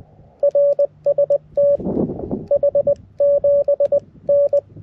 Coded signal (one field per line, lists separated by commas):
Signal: Morse code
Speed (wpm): 20 wpm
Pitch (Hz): 570 Hz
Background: none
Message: RST H7N